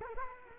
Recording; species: mosquito wingbeat signal from an infrared sensor; Culex quinquefasciatus